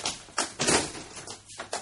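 A door is opened in a radio drama, with a few rattling, scraping bursts of noise over a couple of seconds and no voices.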